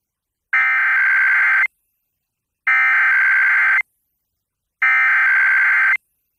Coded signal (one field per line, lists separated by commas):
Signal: Emergency Alert System (SAME) tones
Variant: header bursts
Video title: Connecticut Monthly Test on WMAS-FM Enfield, Connecticut (94.7 WMAS) (12/22/22) (EAS #74)